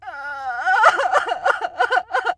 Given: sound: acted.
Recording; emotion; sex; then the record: nonverbal affect burst; sadness; female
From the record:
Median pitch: 345 Hz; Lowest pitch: 154 Hz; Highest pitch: 662 Hz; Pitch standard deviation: 95 Hz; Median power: 67.2 dB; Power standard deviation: 9.9 dB